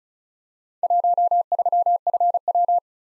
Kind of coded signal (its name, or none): Morse code